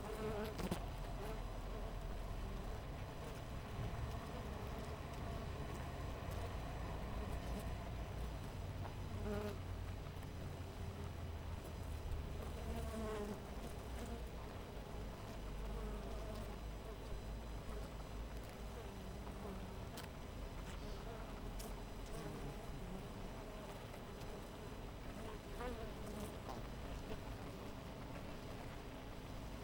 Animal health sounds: honeybee colony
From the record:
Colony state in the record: missing queen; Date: 14 July 2017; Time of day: 5:48

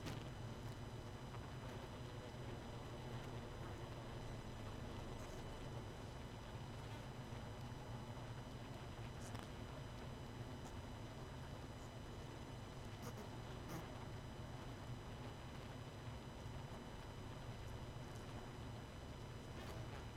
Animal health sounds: honeybee colony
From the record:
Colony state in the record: missing queen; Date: 31 May 2018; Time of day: 20:14

